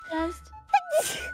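A voiced, rising "ah" intake, then one sharp explosive burst with a breathy release: a single sneeze.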